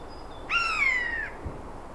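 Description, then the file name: Eurasian jay producing a single drawn-out, harmonic call that holds briefly and then slides gently downward, with a soft thump just afterwards. "Garrulus glandarius"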